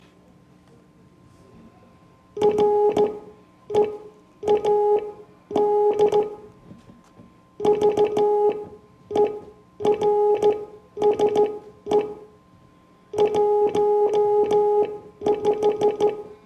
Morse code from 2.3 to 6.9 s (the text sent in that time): READ